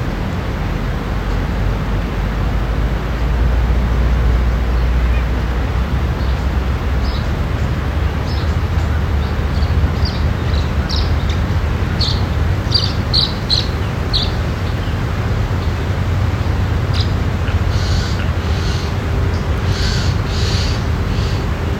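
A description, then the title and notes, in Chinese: Birds call beside a pasture, short bright chirps scattered through the middle and second half, thin. A heavy, steady low rumble like wind or passing traffic dominates throughout, with a faint low drone joining near the end. 牧场旁的鸟叫声。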